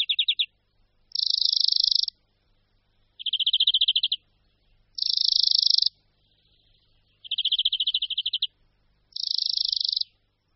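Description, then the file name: European greenfinch alternating trills and harsh wheezy buzzes in a regular back-and-forth rhythm, with pauses between. "Zvonek-zelený"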